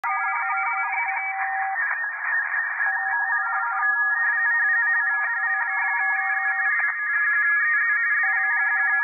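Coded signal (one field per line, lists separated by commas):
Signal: RTTY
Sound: several overlapping warbling two-tone teleprinter signals chattering continuously over a hiss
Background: radio static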